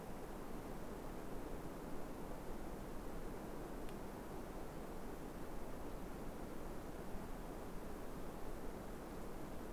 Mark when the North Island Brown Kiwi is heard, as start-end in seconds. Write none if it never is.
none